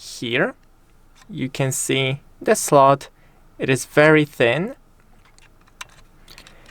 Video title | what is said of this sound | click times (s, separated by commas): CANON EOS R50 V – How to Set Up | and when you insert it, just push it down till you hear a click. | 5.8 s